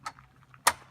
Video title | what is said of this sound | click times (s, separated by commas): Jayco: Setting Up | You will hear the clicking noise showing that it's locked in place. | 0.7 s